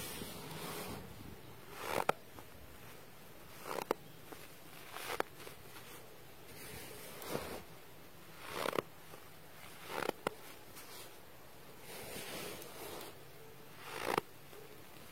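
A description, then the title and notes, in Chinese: Sound of snow: soft crunching swells rise out of a steady airy hiss about every one and a half to two seconds, each ending in a sharp click or crackle. Between them the hiss stays even, with faint low rumble underneath. 还记得雪的声音吗？｜白噪音。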